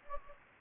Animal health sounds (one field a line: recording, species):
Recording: mosquito wingbeat signal from an infrared sensor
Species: Anopheles gambiae